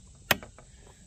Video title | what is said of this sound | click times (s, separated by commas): NEW PROYAMA 62CC Chainsaw Review | There's that click. | 0.3 s